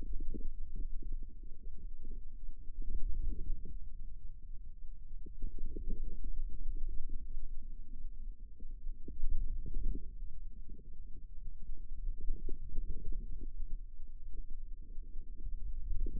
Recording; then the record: forearm muscle sounds (acoustic myography)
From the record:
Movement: ulnar deviation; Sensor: system 2, bracelet of six BSWA MPA416 microphones around the upper forearm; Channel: 1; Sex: female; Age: 25 years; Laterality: right